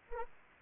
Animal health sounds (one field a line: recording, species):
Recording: mosquito wingbeat signal from an infrared sensor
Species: Anopheles arabiensis